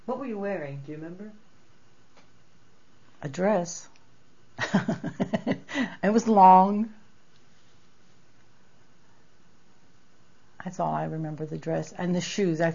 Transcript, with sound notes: What were you wearing, do you remember?
A dress. (she laughs) It was long. That's all I remember, the dress and the shoes.